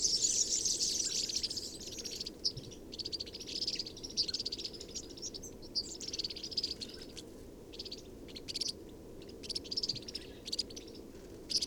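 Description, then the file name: European serin song, a high jingling burst at the start followed by scattered short buzzy twitters and pauses. Recorded 22 January 2017 at Binsham. "Girlitz. Binsham. Susanne Rieck"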